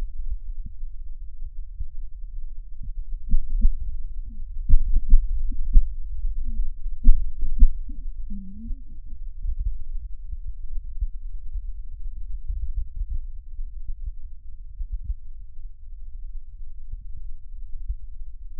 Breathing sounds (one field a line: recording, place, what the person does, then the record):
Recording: lung sounds by stethoscope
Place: right posterior basal chest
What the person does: quiet breathing, then cough and speech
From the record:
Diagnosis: COPD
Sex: female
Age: 65 years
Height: 156 cm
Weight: 63.9 kg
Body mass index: 26.3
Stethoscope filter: bell mode